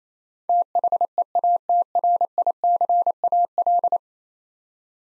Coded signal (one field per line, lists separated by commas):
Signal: Morse code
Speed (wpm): 27 wpm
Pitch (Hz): 700 Hz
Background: none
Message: THEATRICAL